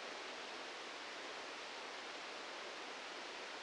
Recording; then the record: brain microelectrode recording played as sound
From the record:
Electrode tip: outside the subthalamic nucleus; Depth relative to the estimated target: 4 mm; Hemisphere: right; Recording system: NeuroSet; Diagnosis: Parkinson's disease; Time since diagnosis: 13 years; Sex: male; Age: 65 years